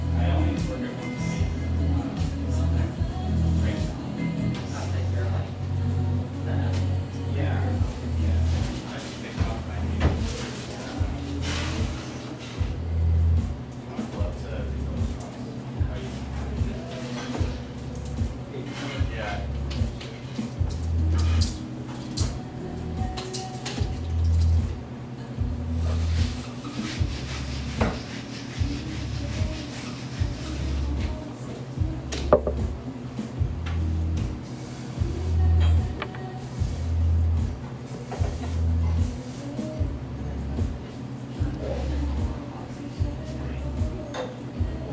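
Café ambience with music playing throughout, a steady thumping bass beat pulsing at a regular pace underneath. Voices murmur in conversation over it, with scattered clinks and brief sharp sounds, including a distinct ping around the thirty-two second mark.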